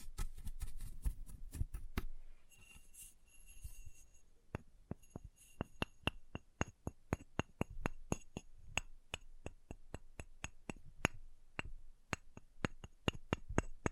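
Chalk being carved and cut, heard as a rapid series of sharp, dry clicks and scrapes that grow denser after about four seconds. The first two seconds carry a low rumbling scrape, and a faint thin ringing appears briefly around three seconds.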